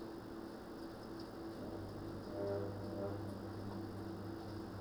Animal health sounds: poultry house recording; no chicken sound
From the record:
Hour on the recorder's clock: 20

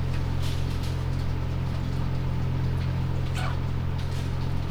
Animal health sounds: poultry house recording; sick chickens (respiratory disease)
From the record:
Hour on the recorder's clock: 19

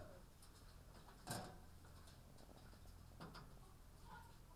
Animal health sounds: poultry house recording; sick chickens (respiratory disease)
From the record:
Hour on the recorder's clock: 9

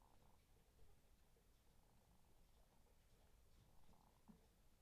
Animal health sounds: poultry house recording; sick chickens (respiratory disease)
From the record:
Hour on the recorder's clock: 0

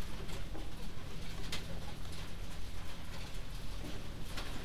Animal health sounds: poultry house recording; healthy chickens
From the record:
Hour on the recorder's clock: 0

